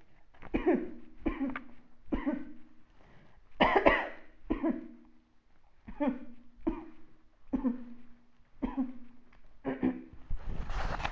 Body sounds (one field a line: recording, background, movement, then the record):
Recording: throat clearing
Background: quiet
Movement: sitting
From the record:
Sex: female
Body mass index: 36.4 kg/m2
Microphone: on the chest, facing outward